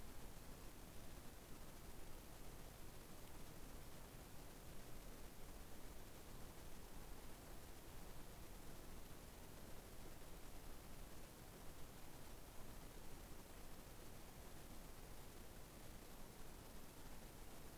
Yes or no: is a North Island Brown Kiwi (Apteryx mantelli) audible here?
no